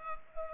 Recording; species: mosquito wingbeat signal from an infrared sensor; Culex pipiens